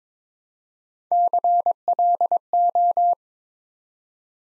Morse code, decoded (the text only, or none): CLO